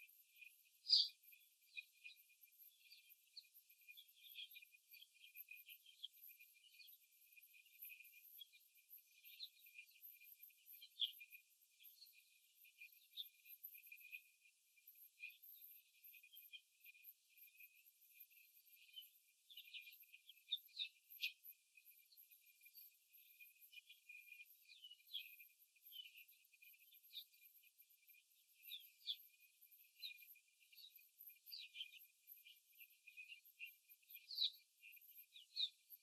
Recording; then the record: young laying hens in a cage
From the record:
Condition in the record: after the stressor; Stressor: simulated dog barking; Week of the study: 3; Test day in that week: 2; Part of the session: 1